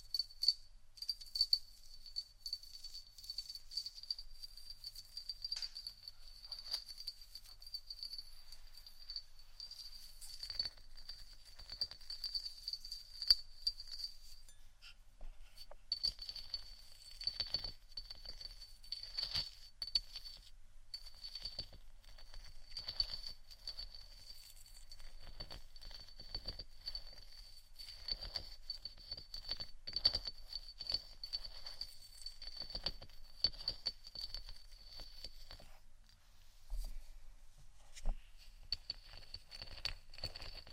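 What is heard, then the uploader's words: Scratching and tapping on various items, made of dense, irregular small clicks and scrapes that come in bursts throughout. A thin, steady high whine runs almost the whole time, dropping out briefly near fifteen seconds and again near thirty-six. ASMR Scratchtap On Various Items （No Talking）.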